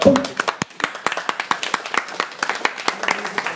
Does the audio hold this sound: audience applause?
yes